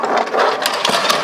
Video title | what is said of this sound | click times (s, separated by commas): MOST POPULAR Airstream Travel Trailer - 2023 Flying Cloud 23FB Walk Through Tour | to get it away you pull up on the front it locks in place in that channel | 0.7 s, 0.9 s